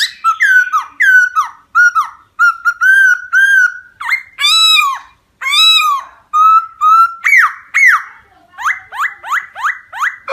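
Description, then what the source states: Laughingthrush song, a rich run of varied whistled phrases: level whistles, arched rising-falling notes and quick slurred downstrokes, delivered in rapid succession with short gaps. Song in the 'wild voice' (giọng rừng) style.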